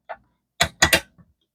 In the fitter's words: wow, it clicked.